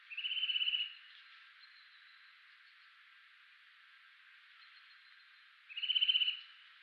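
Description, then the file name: Eurasian nuthatch trill: two quick bursts of evenly spaced whistled notes, each under a second, separated by about five seconds of soft hiss. "Sitta europaea"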